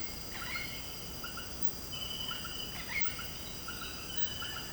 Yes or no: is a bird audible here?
no